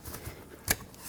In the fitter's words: there we go so that's clicked back in place